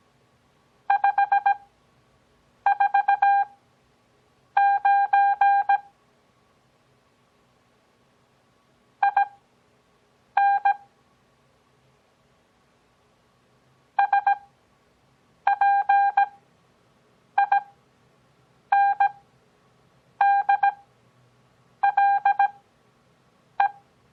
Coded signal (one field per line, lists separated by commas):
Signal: Morse code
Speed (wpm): 17 wpm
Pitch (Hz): 800 Hz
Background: none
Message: 549 IN SPINDLE